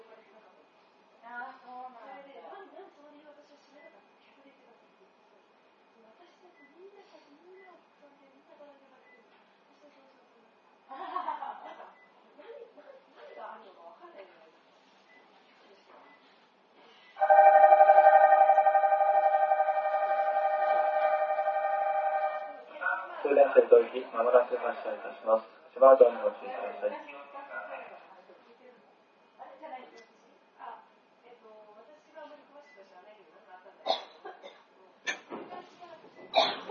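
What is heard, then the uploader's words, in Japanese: Aboard an Izukyu 8000 series train, spoken announcements come and go, broken by a loud, steady multi-toned melody from about seventeen to twenty-three seconds. 伊豆急8000系 伊豆急下田〜伊東。伊豆急行線の全区間の録音です。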